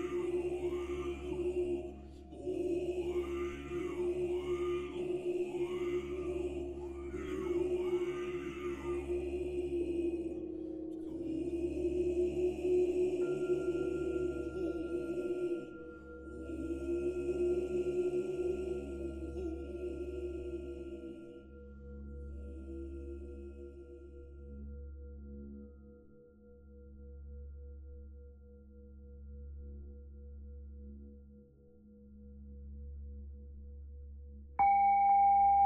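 Buddhist chanting with singing bells: a low, droning voice pulses in regular phrases beneath a rising and falling melodic line for the first twenty seconds, then thins out. Long bell tones ring and fade underneath, and a bright new tone cuts in at the very end.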